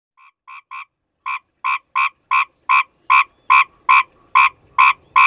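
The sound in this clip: Asian grass frog giving a run of rasping croaks that start soft and grow louder, evenly spaced at roughly two and a half notes per second.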